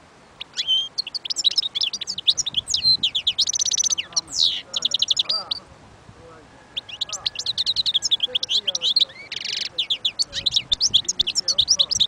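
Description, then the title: European goldfinch song: a sustained stream of fast, liquid twitters mixed with buzzy rasping notes, briefly pausing midway before continuing. Wild bird. "اجمل غناءالحسون الخلويchant chardonneret sauvage collection"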